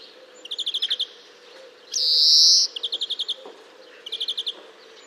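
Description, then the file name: European greenfinch calls: short rattling trills of clipped notes, then a drawn-out nasal wheeze lasting over half a second, then two more trills. "Chloris chloris"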